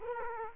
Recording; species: mosquito wingbeat signal from an infrared sensor; Culex quinquefasciatus